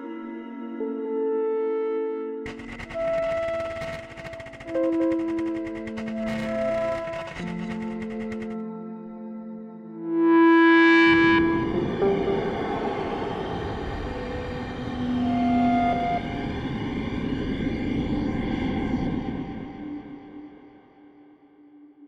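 An ambient spaceship soundscape of layered sustained tones and low hums, with a crackling, flickering texture from about 2.5 to 8.5 seconds. Near 10 seconds a louder rising whoosh swells, giving way to a dense, churning rumble that slowly fades toward the end.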